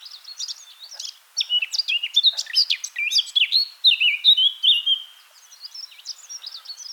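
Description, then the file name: Eurasian blackcap warbling: hurried chattering notes lead into a run of loud, clear whistles sliding downward, then softer twittering resumes. "Sylvia atricapilla"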